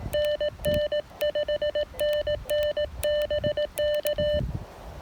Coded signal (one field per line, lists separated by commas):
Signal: Morse code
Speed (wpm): 18 wpm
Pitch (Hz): 600 Hz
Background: none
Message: NN 5NN BK